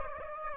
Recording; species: mosquito wingbeat signal from an infrared sensor; Aedes aegypti